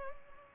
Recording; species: mosquito wingbeat signal from an infrared sensor; Culex pipiens